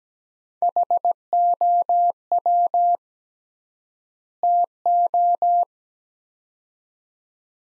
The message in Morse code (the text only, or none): HOW TO